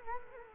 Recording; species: mosquito wingbeat signal from an infrared sensor; Culex quinquefasciatus